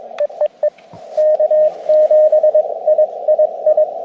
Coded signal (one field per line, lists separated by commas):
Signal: Morse code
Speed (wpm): 24 wpm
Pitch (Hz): 590 Hz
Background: radio noise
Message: EEE K7II I